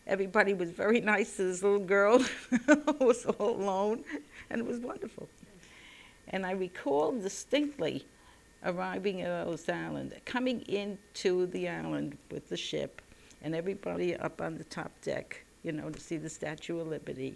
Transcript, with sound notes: Everybody was very nice to this little girl who was all alone. [She laughs] And it was wonderful. And I recall distinctly arriving at Ellis Island, coming into the island with the ship, and everybody up on the top deck, you know, to see the Statue of Liberty.